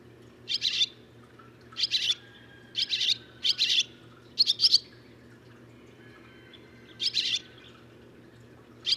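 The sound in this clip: Barn swallow uttering brief scratchy chirps, singly and in quick pairs, at irregular gaps, with a soft low hum behind.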